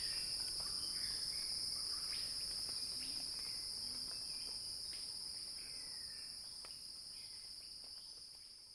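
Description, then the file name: Cicadas give a steady, unbroken high buzz that fades toward the end, with faint scattered chirps behind it. Cicada crescendo; recorded by Axel Drioli for earth.fm. "earth-fm Axel-Drioli Cicada-Crescendo-Sounding-Wild"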